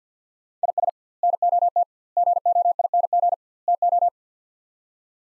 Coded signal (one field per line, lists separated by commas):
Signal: Morse code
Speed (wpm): 47 wpm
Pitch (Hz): 700 Hz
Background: none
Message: IS NOT GOING TO